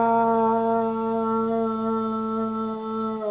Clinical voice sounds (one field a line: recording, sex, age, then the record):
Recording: sustained vowel /a/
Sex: female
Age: 50 to 59 years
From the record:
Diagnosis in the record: amyotrophic lateral sclerosis, spinal onset 14 months earlier, bulbar signs present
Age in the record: 52 years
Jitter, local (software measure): 0.48%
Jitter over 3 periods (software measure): 0.31%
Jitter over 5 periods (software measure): 0.27%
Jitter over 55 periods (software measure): 0.40%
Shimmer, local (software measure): 3.7%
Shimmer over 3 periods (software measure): 2.0%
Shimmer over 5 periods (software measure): 2.1%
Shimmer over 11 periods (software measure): 3.0%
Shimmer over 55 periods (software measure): 7.7%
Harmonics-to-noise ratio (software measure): 15.0 dB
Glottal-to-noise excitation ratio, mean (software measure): 0.89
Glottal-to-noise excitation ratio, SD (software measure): 0.037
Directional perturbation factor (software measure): 80.7%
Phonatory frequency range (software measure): 0.15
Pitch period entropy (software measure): 0.46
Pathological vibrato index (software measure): 0.12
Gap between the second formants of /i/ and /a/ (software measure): 1458 Hz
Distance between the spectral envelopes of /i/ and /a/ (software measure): 11.6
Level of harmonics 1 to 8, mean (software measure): -6.3, -7.1, -16.8, -13.7, -19.3, -14.5, -38.8, -43.9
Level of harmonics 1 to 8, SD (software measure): 2.7, 3.4, 9.9, 7.2, 3.7, 5.1, 6.6, 7.0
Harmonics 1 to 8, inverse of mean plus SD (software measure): 0.111, 0.095, 0.038, 0.048, 0.043, 0.051, 0.022, 0.020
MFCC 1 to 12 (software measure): 1.6, -9.4, -11.5, 4.3, -13.4, -10.7, -3.4, -1.0, -10.0, -4.6, -4.8, -13.3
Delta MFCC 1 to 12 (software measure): -0.001, 0.018, -0.029, -0.013, -0.015, 0.018, 0.016, 0.014, 0.000, -0.049, 0.022, 0.033